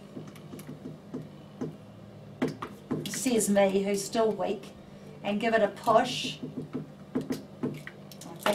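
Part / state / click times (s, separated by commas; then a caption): snap grommet pressed through a fabric notebook cover / seated / 8.5 s. Someone talks while pressing the two halves of a plastic snap grommet together through a fabric notebook cover by pushing down on it. A click comes at 8.5 s as the grommet halves snap together and lock in place, seated.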